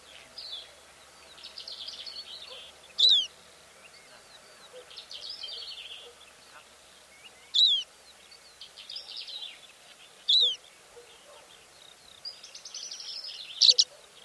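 Greater short-toed lark: a few dry, clipped chirps spaced a few seconds apart, against a background of soft chatter and twitters.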